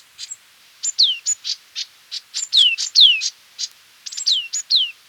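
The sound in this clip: Green-backed tit calling in quick clusters of high ticking notes and clear descending whistled slurs, several bursts spaced throughout over a quiet background.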